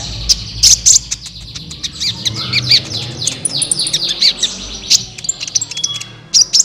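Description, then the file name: Van Hasselt's Sunbird song: a fast, busy run of high, thin chirps and sharp downslurred twitters, with brief pauses, over a low background rumble. "suara kolibri ninja"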